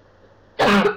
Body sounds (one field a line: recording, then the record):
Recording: coughing mixed with background sound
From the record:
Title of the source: Barking cough - # 10